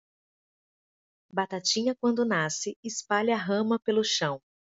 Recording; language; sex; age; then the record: short text; Brazilian Portuguese; female; 30 to 39 years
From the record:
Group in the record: control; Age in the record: 39 years